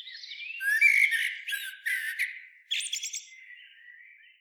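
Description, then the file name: Common blackbird delivering a flowing, flute-like warble followed by a brief scratchy high twitter and a quieter trailing whistle. "Turdus merula"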